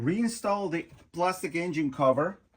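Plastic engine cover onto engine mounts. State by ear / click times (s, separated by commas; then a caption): not seated / none. A plastic engine cover on a 2023 Porsche Macan 2.0L Turbo is being handled for reinstallation onto its engine mounts during spark plug replacement, while someone talks. Nothing has snapped or seated yet in this clip.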